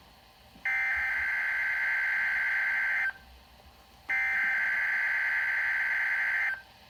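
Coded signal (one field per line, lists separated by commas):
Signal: Emergency Alert System (SAME) tones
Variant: header bursts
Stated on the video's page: Required Weekly Test on weather radio station KIH35.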